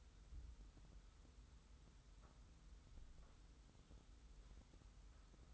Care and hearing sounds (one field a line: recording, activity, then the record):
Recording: daily activity, microphone in the room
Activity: wipe stove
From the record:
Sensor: 3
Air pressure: 990.5 hPa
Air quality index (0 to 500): 184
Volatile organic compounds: 1000 ppm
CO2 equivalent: 6000 ppm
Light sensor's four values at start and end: 46/108/44/42 and 46/108/44/42